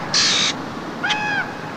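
Common raven giving a single tonal, slightly arched call, preceded by a brief bright hissing burst of sound.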